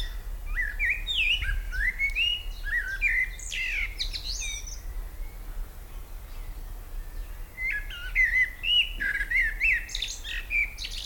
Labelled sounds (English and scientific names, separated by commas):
Common Blackbird (Turdus merula)